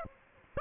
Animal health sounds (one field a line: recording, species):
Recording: mosquito wingbeat signal from an infrared sensor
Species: Aedes aegypti